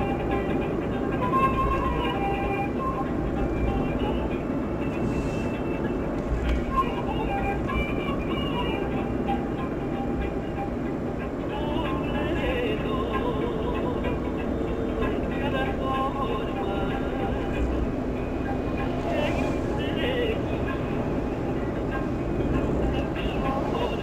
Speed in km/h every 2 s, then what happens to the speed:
71, 71, 72, 71, 71, 71, 73, 75, 75, 76, 76, 74.
0-24 steady at about 72.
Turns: none.